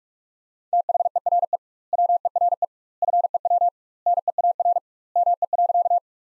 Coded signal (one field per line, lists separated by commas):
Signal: Morse code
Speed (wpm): 42 wpm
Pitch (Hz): 700 Hz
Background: none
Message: THERE WERE FEW NEAR ME.